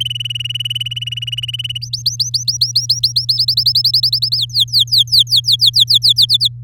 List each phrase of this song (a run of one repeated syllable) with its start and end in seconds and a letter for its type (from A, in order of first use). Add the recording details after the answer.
0.00-1.78 A, 1.81-3.38 B, 3.38-4.38 C, 4.38-6.13 D, 6.16-6.48 E. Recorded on 7 May 2018 at 11:52. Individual llb16